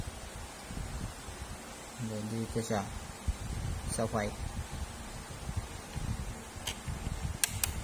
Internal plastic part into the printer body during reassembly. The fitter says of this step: Yan, i-push lang natin. Yan, nag-lock niya. Nag-lock na siya.